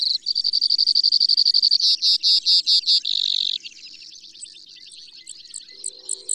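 Brewer's sparrow song: a fast, even trill of notes, then slower buzzy pulses and a harsh buzz, followed by fainter high chips.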